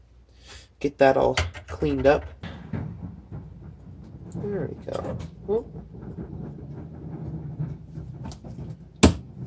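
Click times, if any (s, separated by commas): 8.3 s, 9.0 s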